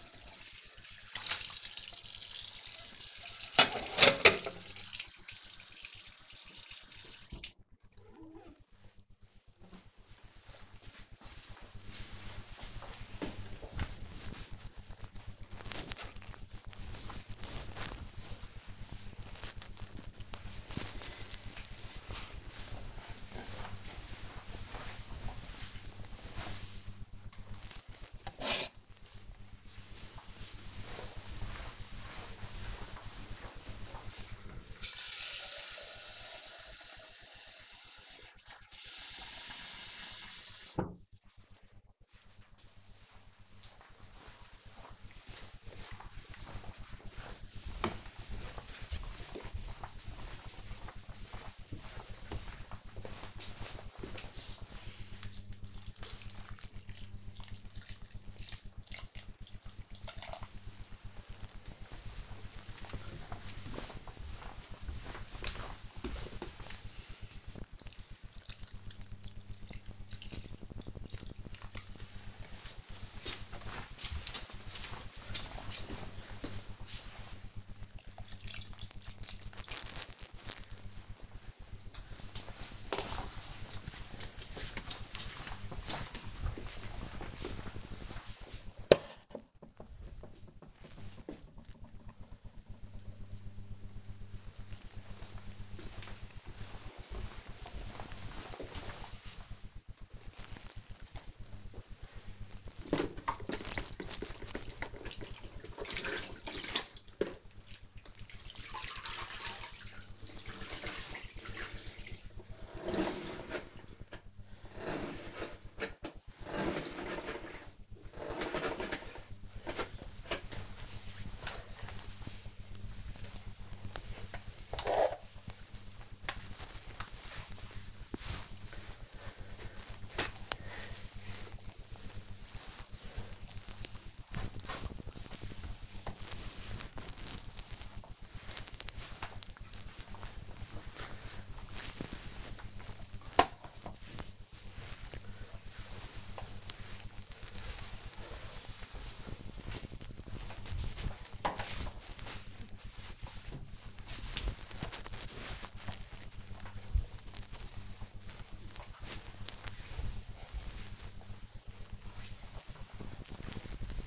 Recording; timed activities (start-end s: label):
household activities, microphone on the right wrist
0.00-7.63 s: washing dishes
26.77-80.14 s: watering plant
99.28-164.07 s: floor cleaning